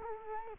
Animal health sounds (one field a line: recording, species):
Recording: mosquito wingbeat signal from an infrared sensor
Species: Culex quinquefasciatus